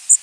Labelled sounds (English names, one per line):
Blackburnian Warbler flight call